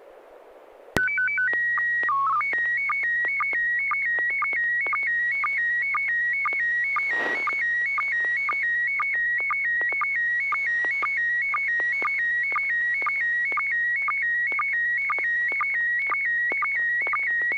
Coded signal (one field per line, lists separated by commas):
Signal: SSTV (slow-scan television)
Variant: PD 120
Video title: N6NA SSTV Net - 08/04/2021